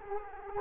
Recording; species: mosquito wingbeat signal from an infrared sensor; Culex quinquefasciatus